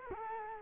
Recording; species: mosquito wingbeat signal from an infrared sensor; Culex quinquefasciatus